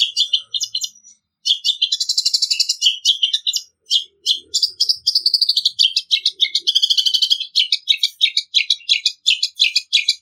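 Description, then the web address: Long-tailed Shrike song, a rapid, dense run of high chirps and buzzy trills delivered almost nonstop, with brief pauses near the start and middle. Song style described as gacor ngeplong; recording used as training audio for cage birds. "audio cendet-gacor-ngeplong. masteran cendet"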